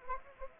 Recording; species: mosquito wingbeat signal from an infrared sensor; Anopheles arabiensis